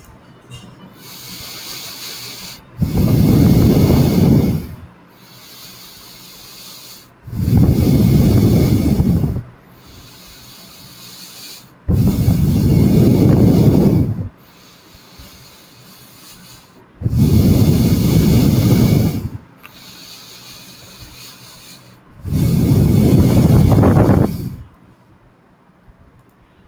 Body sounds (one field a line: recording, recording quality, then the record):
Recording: deep breathing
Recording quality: excellent, no background noise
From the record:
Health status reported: recovered from COVID-19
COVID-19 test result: positive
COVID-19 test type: RT-PCR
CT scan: not taken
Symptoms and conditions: none ticked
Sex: male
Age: 22 years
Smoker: no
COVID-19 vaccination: none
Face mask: not worn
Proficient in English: yes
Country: India